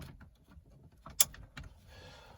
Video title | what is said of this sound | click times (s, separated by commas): Install Double-Din Stereo in 2006 Highlander Limited Hybrid with Navigation | it clicks and then the smaller plug until it clicks | 1.2 s